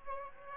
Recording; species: mosquito wingbeat signal from an infrared sensor; Aedes albopictus